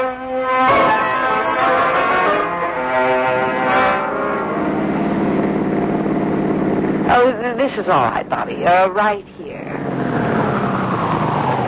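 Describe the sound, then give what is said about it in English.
A car engine hums steadily with a droning, tonal rumble as the car drives over a bridge, while people talk briefly over it toward the end. “You will get that gun, and we will get in the car, and we will drive over the South Side Bridge, and you will throw that gun in the water.”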